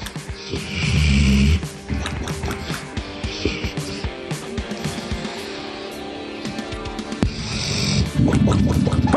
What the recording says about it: This is a dog snoring. Sounds like a bong hit. He's snoring loud, and then you got like the... You got that sound at the end. It's a big fella, right?